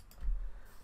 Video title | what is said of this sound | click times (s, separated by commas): PINTER 3. Home Brew moving to the NEXT LEVEL | of the barrel to do this we simply push down on the brewery Dock and then rotate it clockwise until we hear a satisfying click | 0.1 s